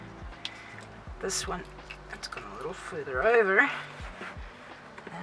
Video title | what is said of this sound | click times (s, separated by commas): Repairing our Defender after our West Africa Trip | it doesn't want to click if | none